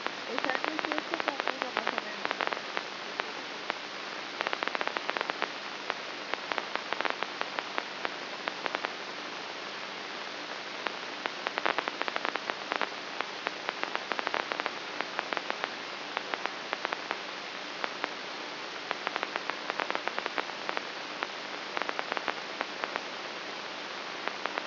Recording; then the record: brain microelectrode recording played as sound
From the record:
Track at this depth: outside the subthalamic nucleus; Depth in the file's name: 6.64 mm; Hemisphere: right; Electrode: 3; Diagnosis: Parkinson's disease